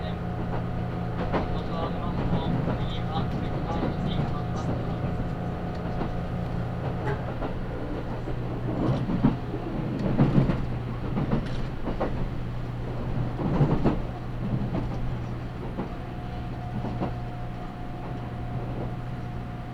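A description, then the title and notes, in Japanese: A limited express train on the Nagasaki Main Line, running from Saga toward Tosu. A steady low rumble and hum carries throughout, with rattling and clunks peaking around 9–14 seconds, a sustained tone entering near 16 seconds, and faint voices underneath. 長崎本線 佐賀→鳥栖 特急みどり16号。車内は6割くらいの乗車率でした。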